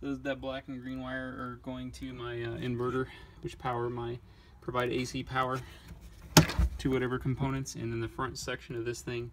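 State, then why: Released. A plastic center-console trim panel in a 2011–2015 Chevy Volt is tipped out of the dash while someone talks. A sharp click at 6.4 s is the panel's front section unclipping and decoupling from the dash, releasing it.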